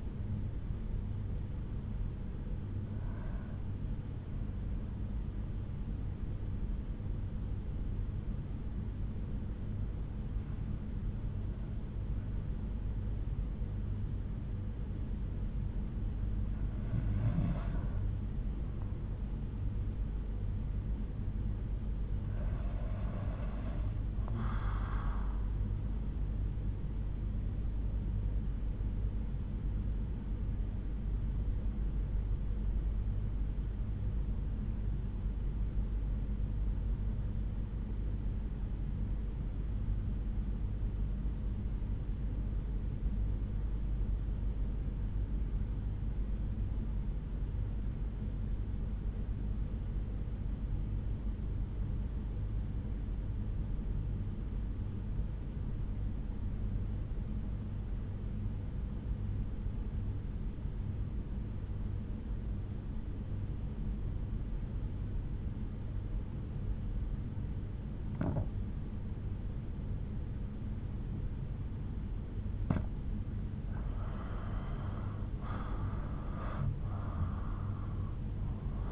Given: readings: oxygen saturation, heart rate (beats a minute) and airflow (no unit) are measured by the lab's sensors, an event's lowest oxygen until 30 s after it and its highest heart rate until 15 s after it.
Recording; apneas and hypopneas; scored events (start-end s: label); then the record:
breathing in sleep by a smartphone at the bedside; 2
4.00-21.80 s: hypopnea (REM, oxygen 97% highest, then 91% lowest, heart rate 65 at the start, 69 highest)
32.00-74.00 s: obstructive apnea (REM, oxygen 94% highest, then 77% lowest, heart rate 66 at the start, 89 highest)
From the record:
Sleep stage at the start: REM sleep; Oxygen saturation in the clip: 84 to 97%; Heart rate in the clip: 64 to 80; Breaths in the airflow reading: 6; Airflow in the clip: -9.1 to 9.1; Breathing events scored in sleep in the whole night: 368 in 8.0 hours asleep